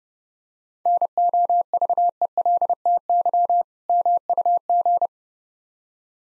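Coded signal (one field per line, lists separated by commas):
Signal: Morse code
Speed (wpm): 30 wpm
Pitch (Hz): 700 Hz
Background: none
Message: NOVELTY MUG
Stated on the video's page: Morse code practice drill of difficult words with context hints at 30 wpm.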